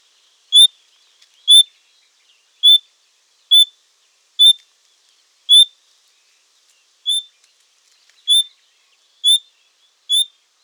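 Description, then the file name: Common nightingale giving a steady run of ten short, high, clear whistles, roughly one each second, with near silence between them. "Luscinia megarhynchos"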